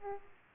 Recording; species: mosquito wingbeat signal from an infrared sensor; Aedes aegypti